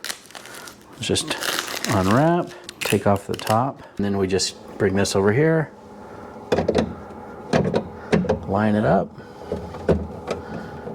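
A new plastic water filter cartridge for a Whirlpool French door fridge, model WRX735SDBM, is unwrapped, its cap removed, and it is brought to the fridge filter housing and lined up before being turned in. Someone talks throughout, over sharp handling knocks and rustles near 0.0–0.7 s and around 6.5, 6.7, 8.1 and 8.3 s. Nothing has seated or clicked into place yet.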